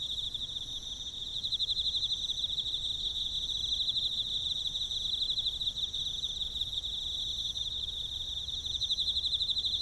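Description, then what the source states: Emma field cricket song: a continuous rapid pulsed trill, bright and high, over a thin layer of other high-pitched insect buzzing. Recorded with a ZOOM F6 recorder and a Sennheiser MK microphone.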